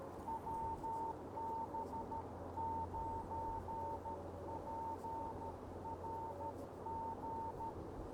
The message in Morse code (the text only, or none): WB9PRG